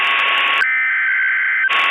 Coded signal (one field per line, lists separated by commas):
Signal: Emergency Alert System (SAME) tones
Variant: header bursts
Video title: EAS Recreation - 2008 LOX SVA